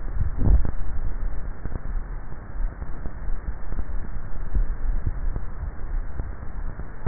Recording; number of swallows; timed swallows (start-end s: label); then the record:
swallowing sounds by neck microphone; 2
0.27-1.44 s: swallow
4.40-5.07 s: swallow
From the record:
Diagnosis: dysphagia